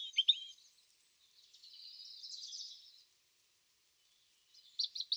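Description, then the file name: European robin giving quiet high twittering song, a soft sustained warble in the middle and a few short sharp notes at the start and end. "Erithacus rubecula"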